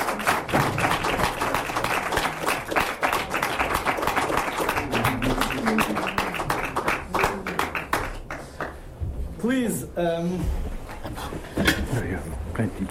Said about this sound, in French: Et je vais demander d'applaudir